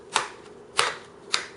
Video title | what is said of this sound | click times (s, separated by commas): Laptop screen replacement / How to replace laptop screen on Compaq CQ56-240CA.mp4 | okay you can hear the clicking of the clips | 0.2 s, 0.8 s, 1.3 s